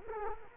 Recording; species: mosquito wingbeat signal from an infrared sensor; Culex quinquefasciatus